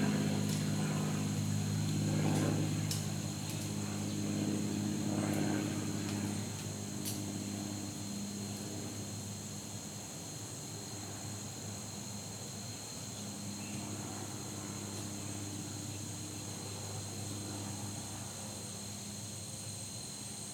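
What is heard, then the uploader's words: Insects drone in a steady, high, unbroken whine, with a second thin tone above it, all the way through. Under them runs a low engine-like rumble, louder in the first seven seconds, where a few sharp ticks and taps land, like acorns falling. Soundcast: Insects and Acorns. Recorded on a fall day that felt more like late summer, down to the insects droning like the heat. As a seasonal touch they were joined on percussion by the falling acorns bombarding the neighborhood.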